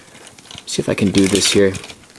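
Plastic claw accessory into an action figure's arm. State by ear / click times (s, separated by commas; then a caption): not seated / none. A plastic claw accessory is handled against an action figure's arm while someone talks, with a few small plastic ticks and handling noises around the speech. Nothing has seated or clicked into the arm yet.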